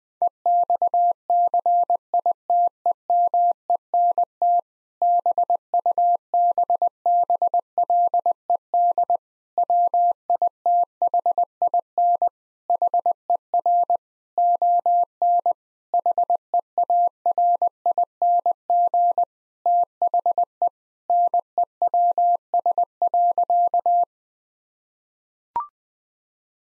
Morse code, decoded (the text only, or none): EXCITEMENT BUBBLED WITHIN HER ON HEARING THE NEWS.